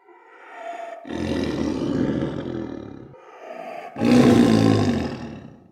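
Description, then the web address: Tiger roaring: a softer tonal lead-in, then a long rough roar, a brief lull and a second louder roar that fades out. "big cats|tigers"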